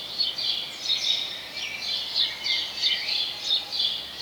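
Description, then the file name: House sparrow calls, quick chirps in close succession, a few slurred downward, against a soft hissing background. "Passer domesticus"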